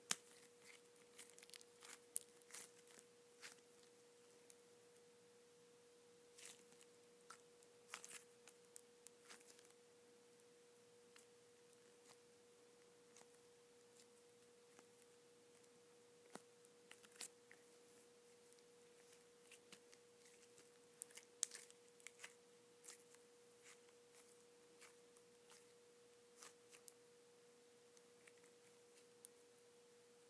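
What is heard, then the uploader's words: Soft putty being worked, heard as scattered small clicks, pops and crackles that come irregularly throughout, clustering more thickly in places. Under them a steady, pure mid-pitched tone holds unchanged for the whole thirty seconds. ASMR Soft Putty.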